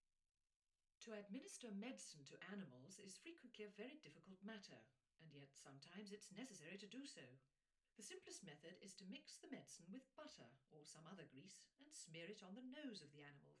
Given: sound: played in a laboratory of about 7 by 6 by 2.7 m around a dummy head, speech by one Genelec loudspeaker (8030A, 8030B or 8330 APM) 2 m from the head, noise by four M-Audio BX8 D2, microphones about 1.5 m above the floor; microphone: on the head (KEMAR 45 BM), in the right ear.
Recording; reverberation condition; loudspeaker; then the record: female speech in English; low; in front (0 degrees)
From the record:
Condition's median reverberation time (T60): about 310 ms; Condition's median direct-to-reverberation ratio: about 3.5 dB